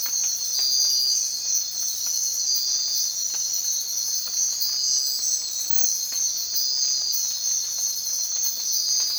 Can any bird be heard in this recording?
no